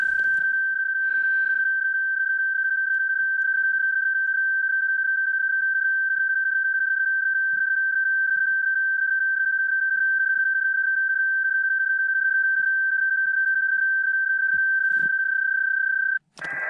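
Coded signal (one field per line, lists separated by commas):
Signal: PSK31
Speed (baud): 31.25 baud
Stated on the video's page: CW on a summit activation, Summits on the Air, after a PSK31 test made with a cell phone app.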